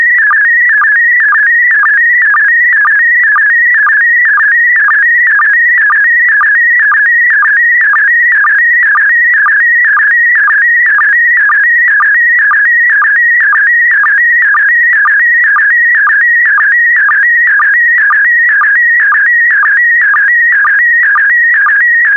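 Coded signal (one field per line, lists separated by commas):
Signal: SSTV (slow-scan television)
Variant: PD120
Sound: steady warbling, chirping tone with a regular ticking rhythm about twice per second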